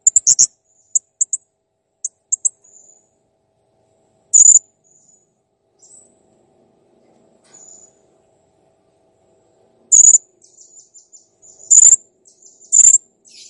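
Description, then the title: Blue-crowned hanging parrot with quick high ticking chirps early, then spaced shrill squeaky bursts separated by one to several seconds of quiet. Song training material for cage songbirds; clear, lively singing. "Masteran Burung Serindit Masteran Serindit Gacor Jernih"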